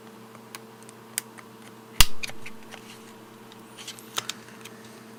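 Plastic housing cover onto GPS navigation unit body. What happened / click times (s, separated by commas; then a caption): The housing is handled but not yet snapped home / none. The plastic housing cover of a TomTom XL GPS navigation unit is pressed onto the unit's body after its internal plug is connected, while something inside blocks it from closing. Small plastic taps and clicks come at about 1.2, 2.0 (the loudest), 2.2, 4.2 and 4.3 seconds over a steady low hum. The housing has not seated or snapped into place yet.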